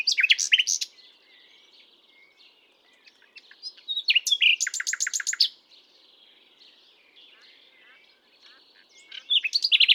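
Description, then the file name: Common nightingale song with loud rattling trills and varied whistled phrases separated by quieter twittering. "Luscinia megarhynchos"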